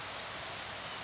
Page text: Blackburnian Warbler Dendroica fusca Flight call description A sweet, relatively short, buzzy "tzzd". Fig.1. Maryland September 29, 1994 (MO)